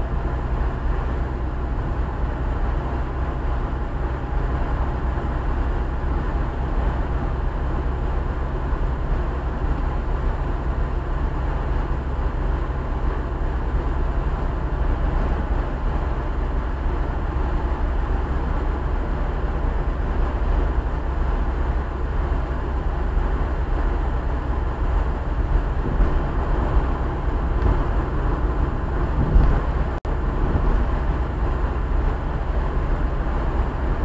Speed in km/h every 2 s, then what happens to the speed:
62, 62, 62, 63, 65, 64, 64, 65, 64, 64, 63, 64, 65, 65, 65, 65, 65.
0-34 steady at about 64.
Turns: none.